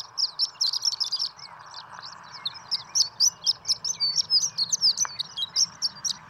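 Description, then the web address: Horned lark song of rapid, high tinkling notes, about four per second, over a noisy background rumble. "birdsongforthecurious Horned Lark"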